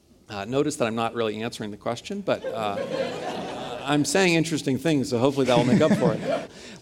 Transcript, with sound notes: Notice that I’m not really answering the question but --
[Laughter]
-- I’m saying interesting things, so hopefully that will make up for it.